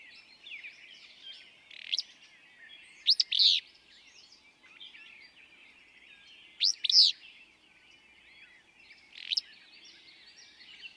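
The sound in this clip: Willow flycatcher repeating a short, wheezy, emphatic phrase several times, while other birds twitter continuously behind it.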